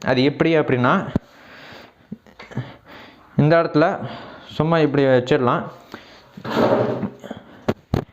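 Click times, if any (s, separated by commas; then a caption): 7.7 s, 7.9 s. On a Benro T600EX tripod, a quick-release plate is set into the tripod head clamp and pulled, and the mechanism locks automatically so it won't come back out. Someone talks through most of the clip, with quiet handling noises near 2.1–2.4 seconds. Sharp locking clicks at 7.7 and 7.9 seconds show the plate seating into the head.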